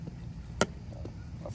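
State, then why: Not seated. A plastic female sewer hose connector is fitted onto the sewage outlet of an Entegra Odyssey RV over a steady low hum, with one sharp knock at about 0.6 s and faint taps near 1.1 and 1.5 s. The fitting does not snap into place and just sits there; nothing has seated or clicked yet.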